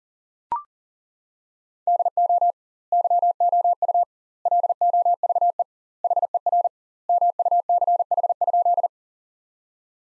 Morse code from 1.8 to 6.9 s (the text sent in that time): DO YOU LOVE HER